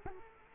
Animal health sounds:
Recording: mosquito wingbeat signal from an infrared sensor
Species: Culex quinquefasciatus

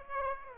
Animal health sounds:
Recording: mosquito wingbeat signal from an infrared sensor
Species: Aedes aegypti

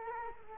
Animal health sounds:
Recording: mosquito wingbeat signal from an infrared sensor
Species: Culex quinquefasciatus

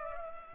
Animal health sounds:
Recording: mosquito wingbeat signal from an infrared sensor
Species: Culex pipiens

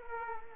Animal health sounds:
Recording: mosquito wingbeat signal from an infrared sensor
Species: Culex quinquefasciatus

